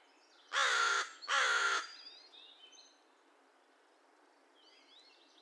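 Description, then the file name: American crow giving two coarse caws back to back, then soft high twittering from other birds against a low background hiss. Recorded 2 May 2020; a series of paired caws and one single caw. "2020-05-02 American Crow cawcawsandonecaw"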